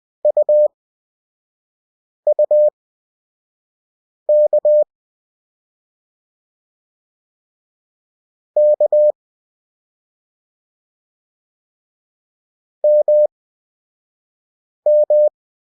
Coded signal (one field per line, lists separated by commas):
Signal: Morse code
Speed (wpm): 20 wpm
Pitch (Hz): 600 Hz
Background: none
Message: UUK K MM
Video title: Lesson 2. CW Practice 5WPM at 20WPM Character Speed. Morse Code for Beginners